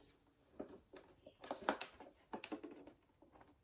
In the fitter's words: put it back on make sure it clicks